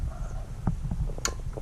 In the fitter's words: hear that click? It's set and ready to go.